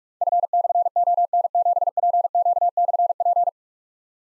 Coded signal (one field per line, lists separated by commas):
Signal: Morse code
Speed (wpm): 44 wpm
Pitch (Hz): 700 Hz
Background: none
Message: F/ON7PQ/P